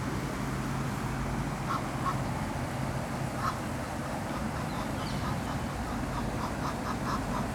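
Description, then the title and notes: Duck quacking in a few scattered quacks, then a quicker string of short quacks near the end, beneath heavy steady fountain noise. Ducks at the Ixelles ponds (Les étangs d'Ixelles), Brussels, Belgium, recorded beside a fountain. "Av. du Général de Gaulle 21, 1050 Ixelles, Belgique - Ducks and Fountain. Ducks speech and foutain at Les étangs d'Ixelles"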